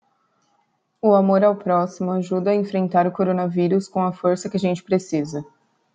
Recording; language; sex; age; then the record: spoken sentence; Brazilian Portuguese; female; 20 to 29 years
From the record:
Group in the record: control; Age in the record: 23 years